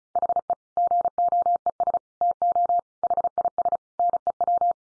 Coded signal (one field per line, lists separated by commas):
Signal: Morse code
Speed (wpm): 34 wpm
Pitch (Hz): 700 Hz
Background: none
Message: HE GOES TO HIS NEW